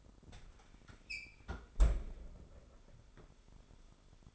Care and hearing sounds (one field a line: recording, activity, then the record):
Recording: daily activity, microphone in the room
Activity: close fridge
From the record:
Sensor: 5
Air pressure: 988.5 hPa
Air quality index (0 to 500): 220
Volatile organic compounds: 128 ppm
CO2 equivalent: 3917 ppm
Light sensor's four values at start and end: 42/125/49/53 and 41/126/49/52